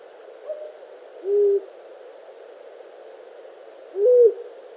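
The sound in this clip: Long-eared owl hooting: two low, short, even hoots spaced roughly three seconds apart over a faint steady hiss.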